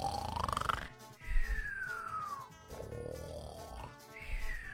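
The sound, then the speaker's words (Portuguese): A person imitates a cartoon snore: a low rasping inhale followed by a rising then falling whistle, repeated twice in a steady breathing rhythm with no words spoken. “Porque quando você vai assistir um desenho, geralmente o personagem ele ronca assim.”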